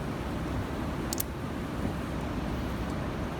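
A steel retaining snap ring is pushed along the mainshaft of an AMF Shovelhead Lowrider transmission toward its groove, over a steady broadband background hiss. Two short, sharp metallic snaps ring out at 1.1 s and 1.2 s as the ring partly snaps in. It is not yet fully home in the groove.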